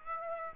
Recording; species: mosquito wingbeat signal from an infrared sensor; Aedes aegypti